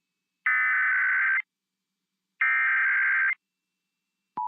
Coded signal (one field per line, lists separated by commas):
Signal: Emergency Alert System (SAME) tones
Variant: header bursts